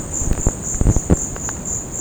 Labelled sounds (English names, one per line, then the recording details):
none
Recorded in secondary vegetation near Puerto Asís, Putumayo, Colombia, on 8 March 2025 at 16:30
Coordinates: 0.481, -76.318
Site G097